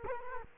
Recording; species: mosquito wingbeat signal from an infrared sensor; Culex quinquefasciatus